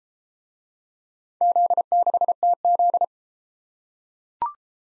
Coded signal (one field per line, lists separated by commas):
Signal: Morse code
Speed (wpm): 28 wpm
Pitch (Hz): 700 Hz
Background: none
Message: Z6TZ